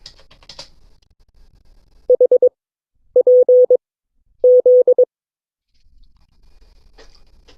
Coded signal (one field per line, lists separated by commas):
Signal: Morse code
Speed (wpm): 20 wpm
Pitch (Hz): 500 Hz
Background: none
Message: HPZ